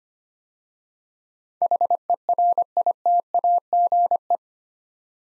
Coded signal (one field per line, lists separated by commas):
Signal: Morse code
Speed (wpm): 25 wpm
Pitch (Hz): 700 Hz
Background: none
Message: HERITAGE